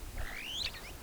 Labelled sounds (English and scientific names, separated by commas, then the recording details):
Superb Starling (Lamprotornis superbus) flight call
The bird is a female
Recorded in Kenya on 25 April 2009 at 08:22
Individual 101, of group SRB2